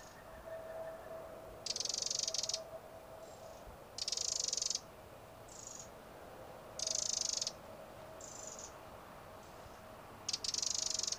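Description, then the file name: Eurasian wren, loud dry rattling bursts of about half to one second, high-pitched and buzzy, repeated irregularly throughout over a steady low hum. "Troglodytes troglodytes"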